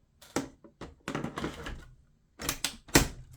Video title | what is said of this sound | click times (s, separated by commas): DISAPPOINTED Greenworks 40v 500w Power Station Review | locks in place | 2.9 s